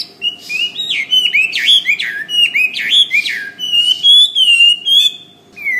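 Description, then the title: Bird song: a series of whistled notes that dip sharply and rise again, repeated several times, then steadier high warbled whistles. "SuaraBurung Kicau"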